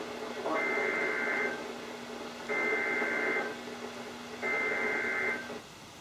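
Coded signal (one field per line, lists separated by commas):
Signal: Emergency Alert System (SAME) tones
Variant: header bursts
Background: speech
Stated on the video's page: NOAA Weather Radio alerts from Sterling, VA via KHB36 162.550, WXM42 162.475, WNG736 162.450 and KEC83 162.400 MHz on various weather radios.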